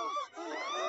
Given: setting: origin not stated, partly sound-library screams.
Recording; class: one-second piece from a danger detection set; woman in danger